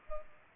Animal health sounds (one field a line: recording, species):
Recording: mosquito wingbeat signal from an infrared sensor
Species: Culex pipiens